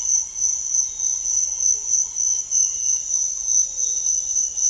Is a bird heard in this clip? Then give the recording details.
no. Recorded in pastures near Puerto Asís, Putumayo, Colombia, on 4 March 2025 at 06:30. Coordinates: 0.502, -76.324. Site GP07